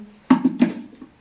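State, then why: Seated. A mixer-grinder jar with its lid is fitted onto the motor base and twisted to lock. A sharp click at 0.3 s is followed by a smaller knock near 0.6 s and another sound at the very end, over a low hum. The jar is closed and locked onto the base.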